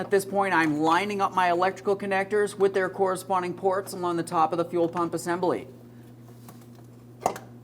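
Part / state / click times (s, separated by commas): wiring harness connector into fuel pump module port / seated / 7.3 s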